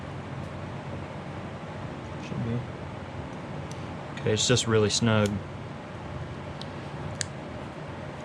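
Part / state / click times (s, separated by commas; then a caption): fuel pump assembly part onto the bottom bracket of the fuel module / seated / 7.2 s. A fuel pump assembly part, part of an in-tank fuel system, is pushed all the way down onto the bottom bracket of the fuel module. Someone talks over a low background hum, and a sharp click at 7.2 s marks the part seating on the bottom mount.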